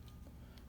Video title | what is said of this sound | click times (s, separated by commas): 2018 / 2019 FORD EXPLORER Smartkey Key Fob Battery Replacement | it and it snaps back in really tight and neatly | 0.6 s